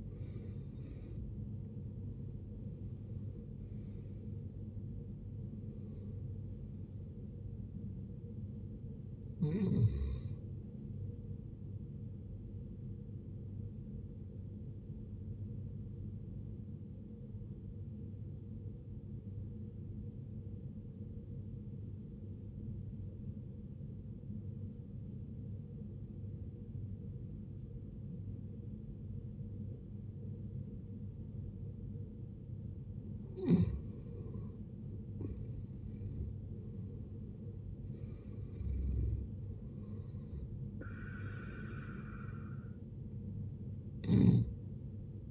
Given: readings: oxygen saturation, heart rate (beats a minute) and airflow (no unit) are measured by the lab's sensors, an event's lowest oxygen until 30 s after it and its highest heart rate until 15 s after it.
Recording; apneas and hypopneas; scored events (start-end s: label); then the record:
breathing in sleep by a smartphone at the bedside; 1
18.00-45.31 s: new sleep stage, N2 (light sleep)
20.00-34.80 s: obstructive apnea (N2, oxygen 95% highest, then 82% lowest, heart rate 62 at the start, 71 highest)
From the record:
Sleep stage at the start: N1 (lightest sleep); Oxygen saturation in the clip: 74 to 95%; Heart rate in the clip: 57 to 87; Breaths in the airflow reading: 7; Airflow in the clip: -12.8 to 13.9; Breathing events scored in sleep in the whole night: 389 in 6.3 hours asleep